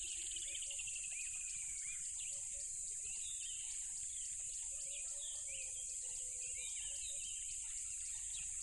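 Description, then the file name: Crickets sustain a piercing high drone; bird chirps dot the background and a low pulsed trill and pairs of soft notes come and go. Loud crickets by a tropical river. "smartsound ATMO NATURE Tropical River Loud Crickets"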